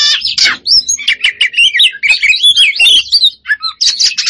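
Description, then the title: Oriental magpie-robin song, a rapid loud jumble of whistles, sweeps and harsh buzzy notes tumbling almost without pause, with brief gaps near the end. Poci form, singing vigorously and continuously (gacor). "Kacer Poci"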